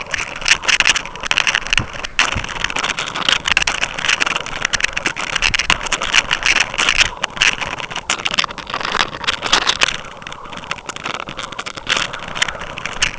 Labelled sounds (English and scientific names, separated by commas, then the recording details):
none
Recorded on Arctic tundra, site UTQI-5, on 12 June 2019
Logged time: 00:00